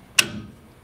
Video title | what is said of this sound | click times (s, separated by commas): Vicon T-Series+Tracker Installation Tutorial #2 - Set up your T-Series Hardware | that side down first then i'm gonna just let it click into place | 0.2 s